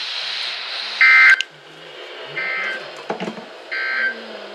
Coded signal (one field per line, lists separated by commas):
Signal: Emergency Alert System (SAME) tones